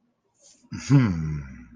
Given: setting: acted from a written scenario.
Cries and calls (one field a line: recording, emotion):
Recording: vocal sound without words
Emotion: serenity